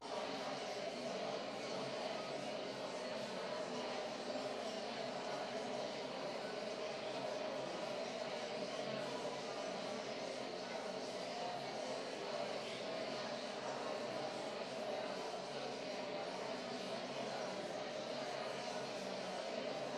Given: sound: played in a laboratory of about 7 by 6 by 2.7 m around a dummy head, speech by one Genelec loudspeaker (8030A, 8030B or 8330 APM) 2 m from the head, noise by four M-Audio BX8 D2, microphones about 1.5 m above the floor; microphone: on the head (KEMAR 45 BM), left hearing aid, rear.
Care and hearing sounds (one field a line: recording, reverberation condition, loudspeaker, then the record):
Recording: babble noise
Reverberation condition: high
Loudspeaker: four, about 170 cm from the corners of the room and facing them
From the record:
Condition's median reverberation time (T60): about 1300 ms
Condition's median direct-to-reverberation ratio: about -4.0 dB